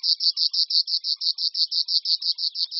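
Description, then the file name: River warbler song, a metallic, sewing-machine-like series of quick identical buzzy pulses repeated at a steady fast rhythm. "Cvrčilka-říční"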